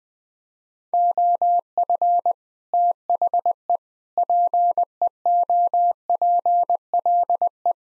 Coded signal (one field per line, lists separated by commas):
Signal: Morse code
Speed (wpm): 20 wpm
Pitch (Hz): 700 Hz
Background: none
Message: OF THE PEOPLE